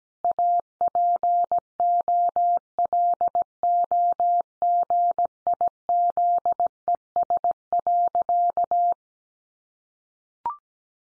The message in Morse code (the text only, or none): APOLOGIZES.